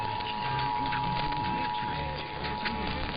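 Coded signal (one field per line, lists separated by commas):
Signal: Emergency Alert System (SAME) tones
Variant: 853 and 960 Hz attention tone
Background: speech, music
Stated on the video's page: Nebraska Required Monthly Test and KLLI Required Weekly Test.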